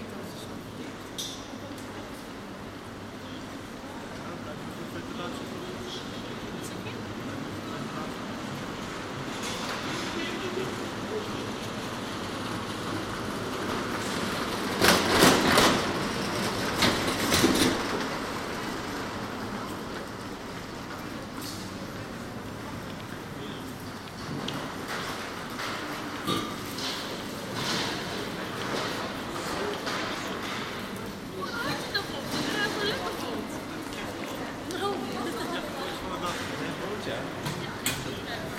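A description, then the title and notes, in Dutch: General atmosphere inside a covered shopping passage, with a steady murmur of voices and footsteps throughout. Around the fifteen to eighteen second mark a brief louder clatter rises above the crowd, and scattered sharper sounds and chatter appear later on. General atmosphere in The Hagues beautiful Passage. Recorded as part of "The Hague Sound City" for State-X/Newforms 2010. Algemene atmosfeer in de mooie Haagse Passage.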